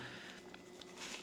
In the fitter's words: And then you will hear a click, and now it's locked into place.